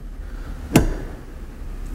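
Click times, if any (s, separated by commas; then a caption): 0.8 s. A car seat's lower LATCH connector is pushed onto the vehicle's lower anchor bar and held up so the sound carries, giving one strong, sharp click at 0.8 s over a low steady rumble. The connector seats on the anchor in the correct position.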